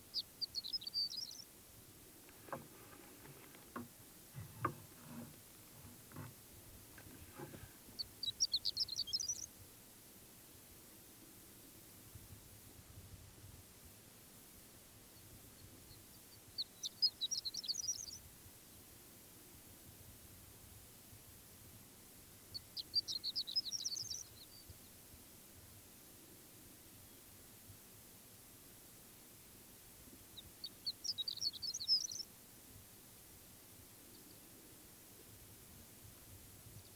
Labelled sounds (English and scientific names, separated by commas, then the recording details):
Horned Lark (Eremophila alpestris)
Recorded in the wild
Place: Wüste Gobi, MN
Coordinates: 42.94, 105.082
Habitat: Desert
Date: 1979-06-01 05:45
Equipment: Nagra III BH, Sennheiser MD 21, parabola
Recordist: Schubert, Michael